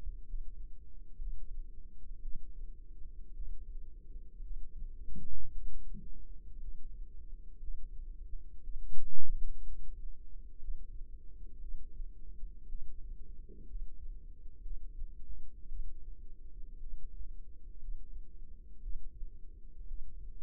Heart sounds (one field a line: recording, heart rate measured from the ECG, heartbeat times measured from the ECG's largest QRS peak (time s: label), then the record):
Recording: heart sounds by microphone in the left ear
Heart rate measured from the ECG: 58 bpm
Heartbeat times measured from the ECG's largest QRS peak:
0.24 s: heartbeat
1.18 s: heartbeat
2.21 s: heartbeat
3.33 s: heartbeat
4.41 s: heartbeat
5.51 s: heartbeat
6.59 s: heartbeat
7.59 s: heartbeat
8.62 s: heartbeat
9.63 s: heartbeat
10.59 s: heartbeat
11.59 s: heartbeat
12.68 s: heartbeat
13.66 s: heartbeat
14.61 s: heartbeat
15.68 s: heartbeat
16.79 s: heartbeat
17.79 s: heartbeat
18.81 s: heartbeat
19.86 s: heartbeat
From the record:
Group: healthy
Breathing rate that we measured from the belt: 18 breaths a minute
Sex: female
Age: 28 years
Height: 170 cm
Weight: 77 kg